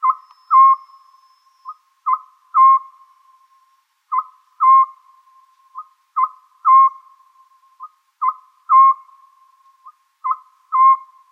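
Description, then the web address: Oriental scops owl calling steadily: six phrases, each a brief hoot then two fuller hoots, repeated at a regular two-second rhythm. "konohazuku"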